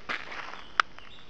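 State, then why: Seated. A Kahr CW40 pistol with failure-to-fire problems has its action worked by hand, and it clicks into ready position. A soft rustle near 0.1 s gives way to one sharp, bright click at 0.8 s, with a faint tick just after. The pistol's slide/action has returned to battery in the frame, and the gun is now ready to fire.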